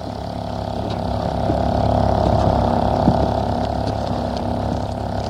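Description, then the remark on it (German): A small boat sets out from a jetty onto a lake. Its motor drones steadily, a dense low rumble that swells slightly in the middle and carries on without pause, with a faint wash of water beneath it and no voices. “Hopp, stechen wir in den See.”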